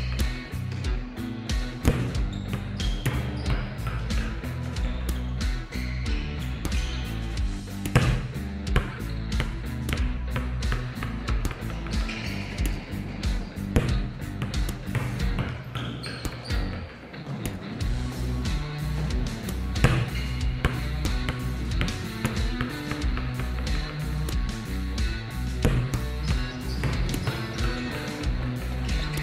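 Volleyball spikes and bounces come as a dense, steady run of sharp slaps and low thuds, several each second, with no real pause. A busy, constant din sits underneath, possibly with faint voices, easing briefly around the seventeen-second mark.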